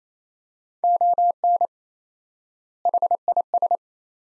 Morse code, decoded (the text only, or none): ON HIS